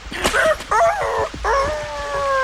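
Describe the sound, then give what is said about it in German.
A pack of hounds barks and yelps in short bursts, then breaks into overlapping howls that rise and hold in long, wavering tones, loud throughout with no talking. “Folgt mir mit deiner Meute.”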